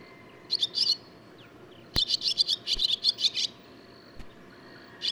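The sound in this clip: Barn swallow twitter, a pair of chirps, then a sharp click followed by a rapid string of high notes and a lone final chirp.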